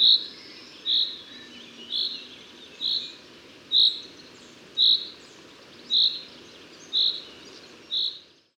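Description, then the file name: Common chaffinch repeating a short, high, pure call note nine times at an even pace of about one per second, faint hiss behind. "Fringilla coelebs"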